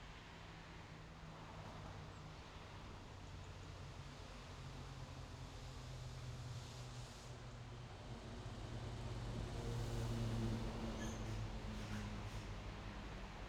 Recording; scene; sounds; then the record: everyday scene through a hearing-aid microphone; in traffic; traffic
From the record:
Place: main road on the outskirts, rush hour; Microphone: in the ear canal, left